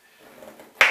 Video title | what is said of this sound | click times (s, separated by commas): The Heathy Juicer Product Review | this actually just locks in place and as you can see it's in there it's not going anywhere | 0.8 s